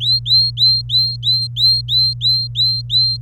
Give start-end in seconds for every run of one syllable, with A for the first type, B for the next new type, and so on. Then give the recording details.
0.00-3.21 A. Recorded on 27 April 2018 at 09:18. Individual llb3